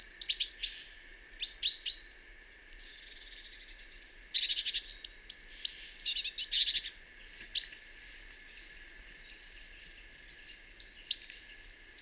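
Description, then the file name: Great tit giving high, sharp chirps and short chattering bursts in irregular clusters, some notes thin and whistled, with quiet gaps between groups. "Parus major"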